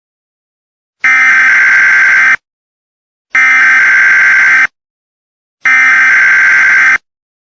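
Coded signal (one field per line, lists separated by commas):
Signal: Emergency Alert System (SAME) tones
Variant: header bursts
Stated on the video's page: Fictional horror EAS scenario, an animated simulation.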